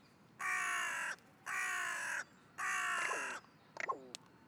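Carrion crow giving three long, harsh, rasping caws at steady intervals, followed by a few short scratchy sounds.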